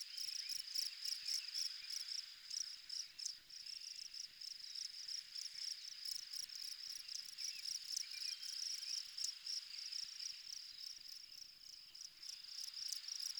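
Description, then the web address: Insect chorus of high, shrill pulsed chirps repeating rapidly and unevenly over a constant buzzing background, sustained throughout without pause. Exterior insect ambience. "Soulframe Sounds Ambience Insect Loops Insect Loop Exterior"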